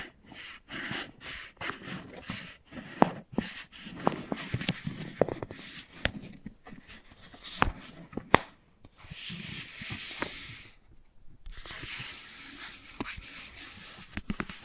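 Wooden balls knock and click in a loose, irregular pattern, with sharp taps standing out every second or so. Between the knocks comes a soft rolling, rubbing hiss, which becomes a longer steady rush from about nine seconds onward, broken by a brief pause.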